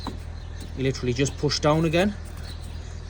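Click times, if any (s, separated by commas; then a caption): 0.1 s. After topping up the screen wash, a plastic screen wash reservoir cap is pushed down onto the car's washer fluid reservoir and clicks shut with a short, sharp snap at 0.1 s. Someone then talks over a steady low hum, and the cap is seated.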